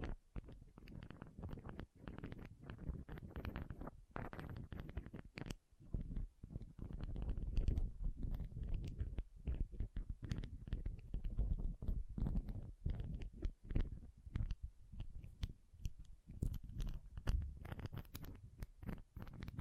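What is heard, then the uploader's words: Pom poms are squished and rubbed in a dense, continuous crinkly rustle, full of quick soft crackles and swishes, mostly low and muffled. ASMR Ultimate Pom Pom Tingles (No Talking).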